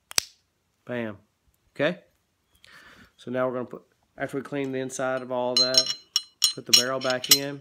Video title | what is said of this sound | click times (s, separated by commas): Glock slide Striker firing pin and extractor removal to clean inside the slide | it catches and then you'll hear it snap as I pushed it in BAM | 0.2 s